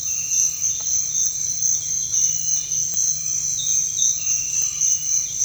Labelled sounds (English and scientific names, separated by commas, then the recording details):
none
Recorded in dense forest near Puerto Asís, Putumayo, Colombia, on 21 December 2024 at 06:00
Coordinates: 0.468, -76.322
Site G071